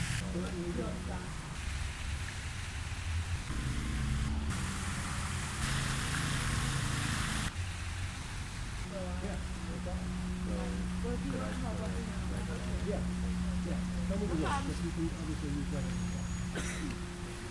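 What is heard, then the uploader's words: A campus fountain splashes steadily outdoors, its hiss surging louder for a few seconds near the middle. A low engine hum runs underneath, and voices chatter intermittently through the second half among passing traffic. In the center of campus is a fountain surrounded by 120 palm trees. The sources for this audio piece are binaural recordings made by positioning a microphone at each tree in the southeast quadrant. The recordings are cut together to produce a mixture of rapid changes and longer segments.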